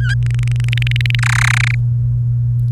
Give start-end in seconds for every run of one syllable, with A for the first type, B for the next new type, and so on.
0.00-0.14 A, 0.23-1.15 B, 1.19-1.75 C